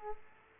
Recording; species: mosquito wingbeat signal from an infrared sensor; Aedes aegypti